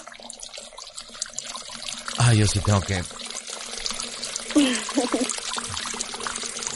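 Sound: water running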